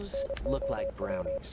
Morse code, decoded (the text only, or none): NOW